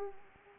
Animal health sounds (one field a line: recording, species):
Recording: mosquito wingbeat signal from an infrared sensor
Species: Anopheles arabiensis